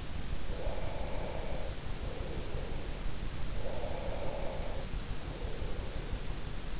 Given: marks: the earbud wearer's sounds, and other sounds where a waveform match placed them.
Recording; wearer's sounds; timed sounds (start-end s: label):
sounds in sleep by an in-ear microphone; breath
0.38-2.93 s: breath
3.58-6.20 s: breath